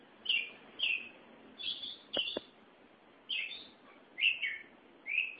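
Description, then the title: Oriental magpie-robin singing separate clear whistled phrases, some slurred downward, with pauses between, two sharp clicks midway and faint background hiss. Chirping song (kicauan) of the bird. "Suara Kicauan Burung Kacer Durasi Panjang"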